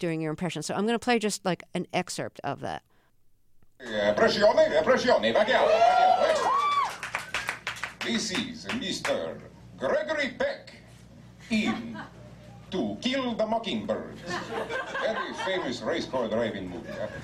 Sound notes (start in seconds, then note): 6.0 applause; 14.2 laughter